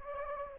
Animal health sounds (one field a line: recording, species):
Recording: mosquito wingbeat signal from an infrared sensor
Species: Anopheles gambiae